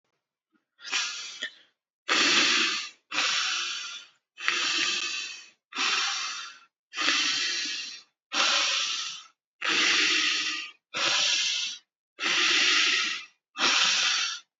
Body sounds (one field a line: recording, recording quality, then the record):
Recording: shallow breathing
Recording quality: excellent, no background noise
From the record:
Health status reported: recovered from COVID-19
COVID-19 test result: positive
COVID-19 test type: RT-PCR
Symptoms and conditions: cough, another respiratory illness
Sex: male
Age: 53 years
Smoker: no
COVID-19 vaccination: both doses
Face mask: not worn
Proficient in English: yes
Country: India